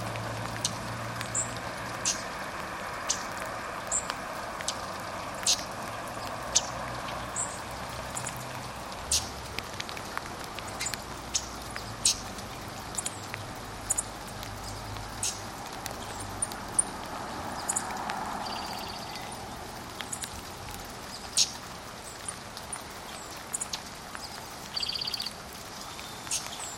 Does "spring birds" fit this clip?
yes